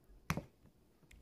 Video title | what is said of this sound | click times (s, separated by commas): Sleek Updo on Natural Hair (Heatless CWK Rubber SSS Plates Tutorial) | till it snaps. | 0.3 s